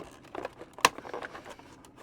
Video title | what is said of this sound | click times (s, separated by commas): Hachette partworks build the 1:48 scale U96 U-Boat model part 12 kits 45-48 | I'm starting to hear some positive clicking noises, | 0.9 s